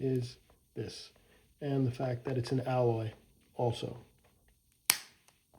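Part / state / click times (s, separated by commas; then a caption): folding pedal body locking on the pedal spindle / seated / 4.9 s. Someone talks, then an alloy MKS FD-7 folding platform pedal is unfolded and its body snaps into its locked position on the pedal spindle with a sharp click at 4.9 s. The pedal locks in place and seems sturdy.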